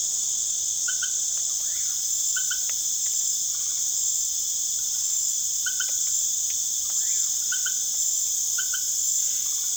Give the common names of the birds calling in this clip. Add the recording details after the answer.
Common Pauraque. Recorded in secondary vegetation near Puerto Asís, Putumayo, Colombia, on 22 June 2025 at 19:00. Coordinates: 0.489, -76.322. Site G021